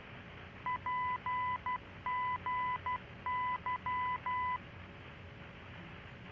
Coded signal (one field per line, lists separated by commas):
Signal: Morse code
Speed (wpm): 12 wpm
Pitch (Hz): 1000 Hz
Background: none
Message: PGY